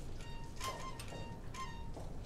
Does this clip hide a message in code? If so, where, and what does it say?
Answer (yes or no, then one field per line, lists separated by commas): no